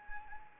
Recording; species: mosquito wingbeat signal from an infrared sensor; Anopheles arabiensis